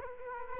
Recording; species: mosquito wingbeat signal from an infrared sensor; Culex quinquefasciatus